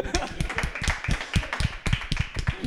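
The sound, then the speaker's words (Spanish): A short round of applause from a group, many hands clapping in a dense, uneven patter that stays fairly loud and steady for a few seconds. “¡Un aplauso!”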